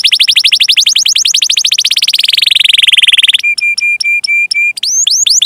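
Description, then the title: Canary song: rapid repeated whistled notes drifting lower into a rolling trill, followed by flat piping tones and a few rising sweeps. Canary singing vigorously (gacor) with ornamented song phrases (cengkok, isian), for bird-song training. "Kenari Gacor Cengkok Isian Kenarigacor Kicaumania Kenari"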